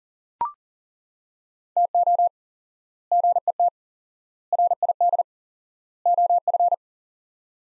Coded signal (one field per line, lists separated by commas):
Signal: Morse code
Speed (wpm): 40 wpm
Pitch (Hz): 700 Hz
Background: none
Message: TO GET RID OF